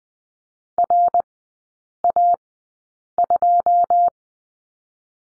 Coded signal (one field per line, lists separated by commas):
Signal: Morse code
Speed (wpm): 20 wpm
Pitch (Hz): 700 Hz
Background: none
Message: RA2